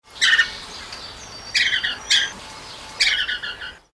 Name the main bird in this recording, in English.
Yellow-throated Laughingthrush